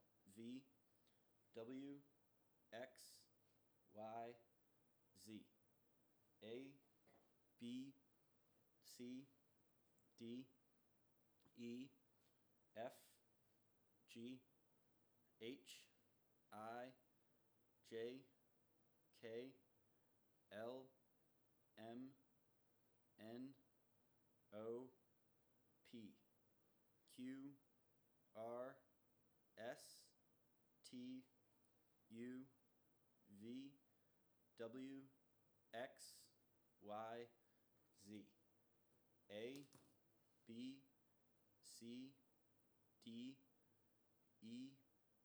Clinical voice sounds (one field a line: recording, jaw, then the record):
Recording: letters of the alphabet, spoken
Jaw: free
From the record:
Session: first day, before the bite bar